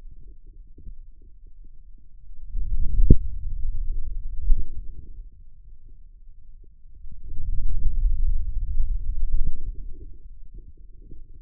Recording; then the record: forearm muscle sounds (acoustic myography)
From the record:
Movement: hand closing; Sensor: system 2, bracelet of six BSWA MPA416 microphones around the upper forearm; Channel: 6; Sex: male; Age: 22 years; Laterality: right